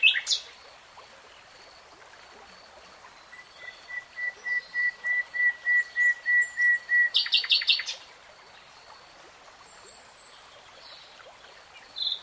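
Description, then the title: Nightingale song: a brief loud note, then a long crescendo of many evenly spaced pure whistled notes ending in a brief harsh rattle, a quiet pause and a final short note. Nightingale singing in real time. "[Tiếng chim hót] 3 Hours REALTIME Nightingale Singing"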